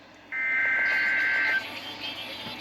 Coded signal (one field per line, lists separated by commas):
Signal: Emergency Alert System (SAME) tones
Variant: header bursts